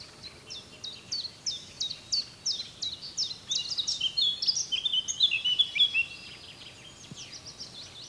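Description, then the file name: Eurasian blackcap song: a run of quick, sharp notes builds into a hurried warbling phrase, then gives way to quiet background hiss. "Sylvia atricapilla"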